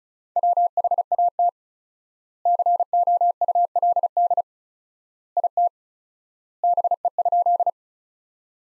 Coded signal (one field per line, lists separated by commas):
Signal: Morse code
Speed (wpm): 36 wpm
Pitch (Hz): 700 Hz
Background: none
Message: WHAT COULD IT BE?